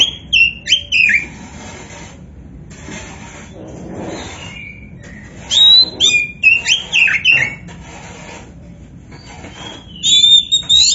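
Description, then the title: Oriental magpie-robin phrases: short bursts of sharp whistled and squawky notes, separated by quiet gaps. Oriental magpie-robin of the poci type in gacor form (steady, vigorous singing). "Kacer Poci Gacor"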